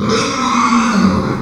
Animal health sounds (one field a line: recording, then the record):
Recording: squeal of a Yucatan mini pig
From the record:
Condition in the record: after surgery on the right vocal fold (resection and tissue-engineered implant)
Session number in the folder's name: 14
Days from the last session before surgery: 133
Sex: female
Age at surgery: 19 weeks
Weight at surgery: 25 kg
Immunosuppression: prednisolone